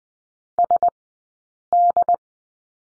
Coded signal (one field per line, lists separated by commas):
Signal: Morse code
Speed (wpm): 20 wpm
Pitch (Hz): 700 Hz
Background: none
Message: SD